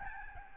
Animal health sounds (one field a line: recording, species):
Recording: mosquito wingbeat signal from an infrared sensor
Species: Aedes albopictus